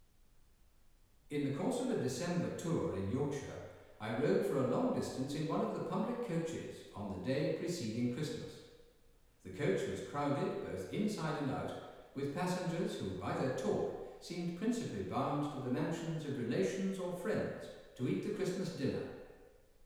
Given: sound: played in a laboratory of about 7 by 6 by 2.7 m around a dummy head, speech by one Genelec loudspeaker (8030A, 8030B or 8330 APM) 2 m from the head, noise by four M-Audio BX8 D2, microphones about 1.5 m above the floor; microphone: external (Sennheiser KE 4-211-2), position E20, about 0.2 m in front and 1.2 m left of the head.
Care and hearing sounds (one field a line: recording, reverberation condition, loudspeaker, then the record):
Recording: male speech in English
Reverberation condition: high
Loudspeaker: 30 degrees to the right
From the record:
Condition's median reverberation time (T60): about 1300 ms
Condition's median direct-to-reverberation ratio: about -4.0 dB